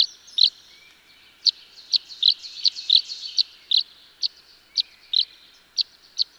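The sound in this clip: Tree swallow calls: short, bright chirps repeated irregularly, with a few soft liquid twitters between them.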